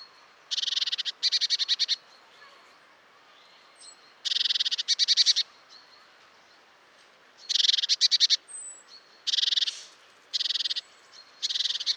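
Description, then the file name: Great tit churring: buzzy rattles, mostly in doubled bursts separated by uneven pauses, with occasional thin whistles in between. "Parus major"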